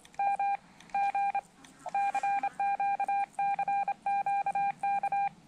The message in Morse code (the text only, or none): M G CQ CQ K